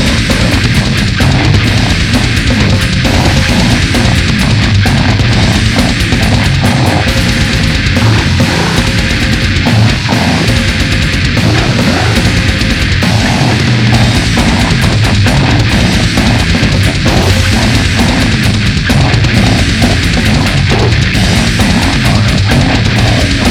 Gurgling Oblique Aponeurosis.